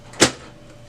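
The plastic front access door of an HP LaserJet Pro M401 laser printer is shut onto the printer body over the newly installed toner cartridge. A soft rustle at 0.1 s leads into a sharp, bright latch snap at 0.2 s that quickly fades to quiet. The hatch is closed and latched.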